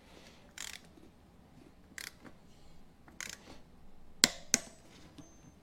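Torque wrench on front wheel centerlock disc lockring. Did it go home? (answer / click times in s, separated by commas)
yes / 4.2 s, 4.5 s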